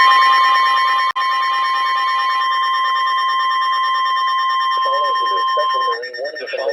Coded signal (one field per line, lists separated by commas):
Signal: Emergency Alert System (SAME) tones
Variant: 1050 Hz attention tone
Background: speech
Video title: Special Marine Warning EAS #351-352